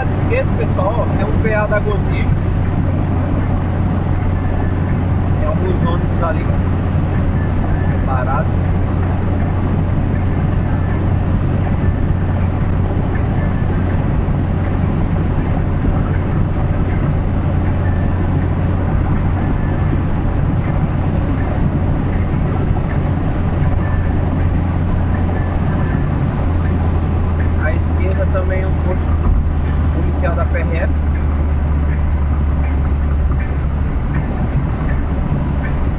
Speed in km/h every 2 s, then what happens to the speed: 106, 104, 103, 102, 103, 103, 103, 103, 102, 102, 102, 101, 100, 94, 90, 84, 80, 78.
0-24 steady at about 103. 24-36 slows to 78.